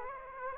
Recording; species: mosquito wingbeat signal from an infrared sensor; Aedes aegypti